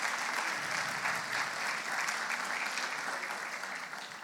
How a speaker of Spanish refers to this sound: Todas estas universidades están presentes hoy aquí junto a nosotros. Un aplauso para todas ellas, todos los representantes.